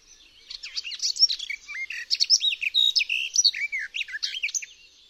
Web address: Przyroda Ptaki GAJÓWKA